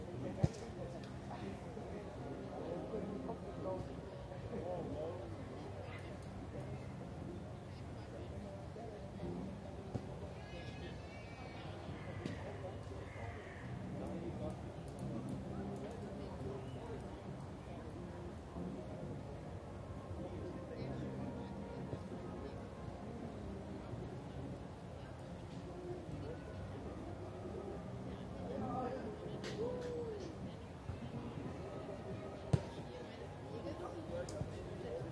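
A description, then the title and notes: A busy crowd in Munich's Englischer Garten, with overlapping fragments of conversation from people passing by, forming a steady, dense murmur throughout. A low rumble sits underneath, and brief sharp clicks or knocks stand out near the start and around 32 seconds. The bustling scenery of Munich's famous Englischer Garten. A Sunday afternoon.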